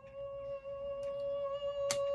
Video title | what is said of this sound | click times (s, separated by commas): Monthly Migraine Injection 6/21 | ah oh i don't know if you heard that click that means it's done | 1.9 s